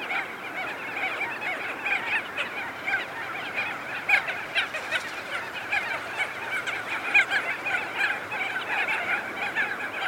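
Crested auklet colony chorus of constant overlapping honking and trumpeting notes, with a couple of sharper calls near four and seven seconds.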